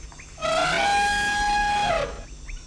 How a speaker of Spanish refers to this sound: Esto por lo menos da menos miedo, ¿no? Tú confía, no es más que un elefante. Sí, un elefante.